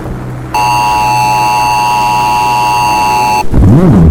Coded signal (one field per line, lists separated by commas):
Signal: Emergency Alert System (SAME) tones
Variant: 853 and 960 Hz attention tone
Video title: Unknown Entity, EAS Scenario